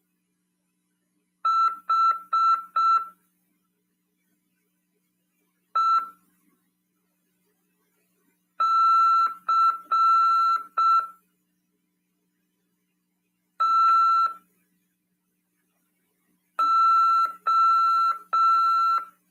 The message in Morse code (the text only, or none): HECTO